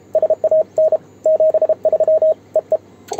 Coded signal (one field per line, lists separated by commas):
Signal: Morse code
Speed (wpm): 32 wpm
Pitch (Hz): 630 Hz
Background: radio noise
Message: SAN 73 EE